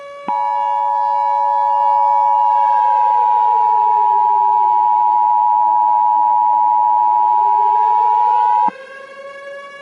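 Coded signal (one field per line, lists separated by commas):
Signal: Emergency Alert System (SAME) tones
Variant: 853 and 960 Hz attention tone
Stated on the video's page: Mock Halloween volcano EAS alert with valid EAS tones.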